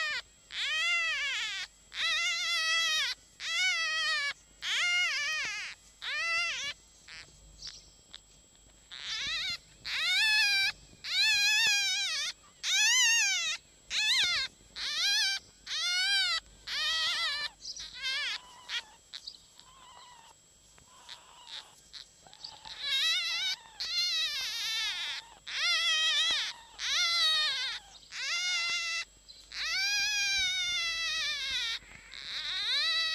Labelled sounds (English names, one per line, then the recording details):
Red Fox
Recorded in captivity
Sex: female
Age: juvenile
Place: Zoologisches Institut der HUB, Berlin, DE
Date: 1956-04-25 12:45
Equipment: Elmetra
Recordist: Tembrock, Günter